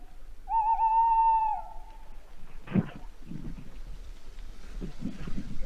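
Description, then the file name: Tawny owl hoot, a long steady tone that drops away at the end, then a sharp knock and faint rustling. "chouette hulotte"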